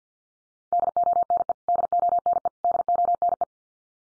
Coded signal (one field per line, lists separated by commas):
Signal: Morse code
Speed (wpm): 50 wpm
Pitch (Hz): 700 Hz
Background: none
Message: DONE DONE DONE